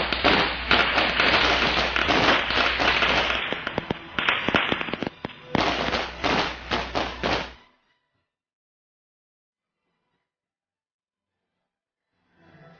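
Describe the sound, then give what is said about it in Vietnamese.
A rapid, crackling string of firecrackers bursts loudly for several seconds, sharp pops tumbling over one another in an uneven rattle before stopping abruptly into silence. “Lạc Mai vừa nói đến đó thì ở đâu chợt vang lên tiếng”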